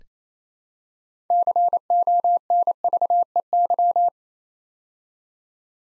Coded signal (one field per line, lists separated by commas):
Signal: Morse code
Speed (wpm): 28 wpm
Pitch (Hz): 700 Hz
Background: none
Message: CONVEY